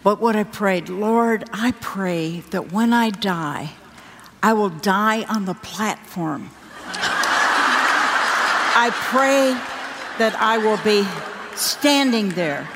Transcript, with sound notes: but I’ve prayed, “Lord, I pray that when I die, I’ll die on the platform!” (laughter) I pray that I will be standing there,